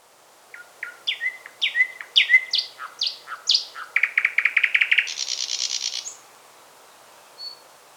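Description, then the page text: Thrush nightingale song: a phrase of separate rising whistles and sharp notes speeding into a loud rapid rattle, ending in a harsh buzzy burst, then a faint high whistle. "Thrush Nightingale Song. Quick Sounds"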